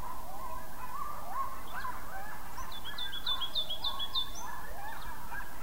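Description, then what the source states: Coyotes yelling in a group, a dense tangle of wavering yips and short howls sliding up and down throughout, with a high chirping bird series in the middle and steady hiss. Coyotes yelling; 5 May 2016.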